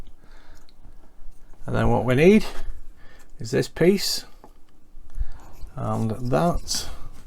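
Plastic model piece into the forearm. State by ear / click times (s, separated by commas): not seated / none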